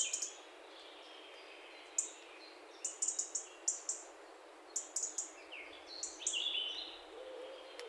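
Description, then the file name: European robin calls: crisp high ticks in irregular runs, mixed with lower chirps and a brief low whistle near the end. "Erithacus rubecula"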